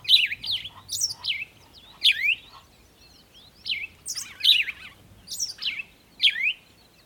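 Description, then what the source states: Birds singing in a series of sharp, high chirps that slide downward, with brief gaps between them. Birds singing in the morning.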